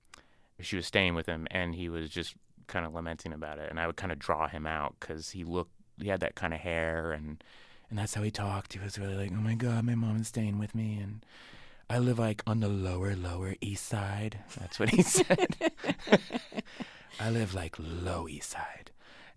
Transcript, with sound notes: She was staying with him, and he was just kind of lamenting about it. And I would kind of draw him out because he looked - he had that kind of hair, and that's how he talked.
He was really, like, oh my God, my mom's staying with me, and I live, like, on the lower Lower East Side.
(LAUGHTER)
That's what he said: I live like low East Side.